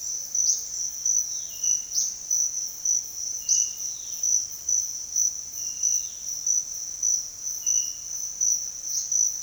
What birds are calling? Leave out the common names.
Patagioenas cayennensis, Tolmomyias viridiceps, Cyanocorax violaceus